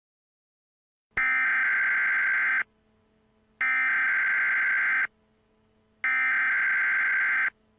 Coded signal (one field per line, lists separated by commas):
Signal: Emergency Alert System (SAME) tones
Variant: header bursts